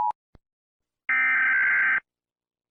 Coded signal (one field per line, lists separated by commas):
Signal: Emergency Alert System (SAME) tones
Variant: header bursts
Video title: DO NOT MOVE: EAS Scenario